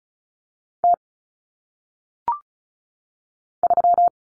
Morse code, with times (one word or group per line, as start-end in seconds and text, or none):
0.8-0.9 T
3.6-4.1 3